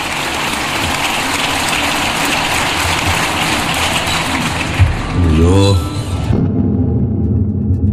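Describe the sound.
Dense, steady applause from a large crowd for Gustavo Petro keeps up for about six seconds, a voice rises briefly over the end of it, and then the clapping cuts away.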